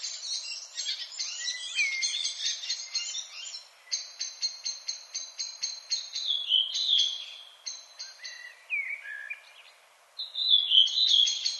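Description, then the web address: Redwing song, rapid high twittering followed by evenly spaced dry pulses and some lower slurred whistles, with brief silent gaps between phrases. "HGW birds \ \aves Rodvingetrast"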